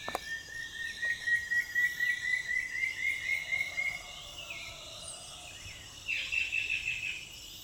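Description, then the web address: Antshrike song: a steady series of short whistled notes, about four per second, rising slowly in pitch for four seconds, over a constant high insect drone. "sound Frederickena. صدای-پرنده-فردریکنا"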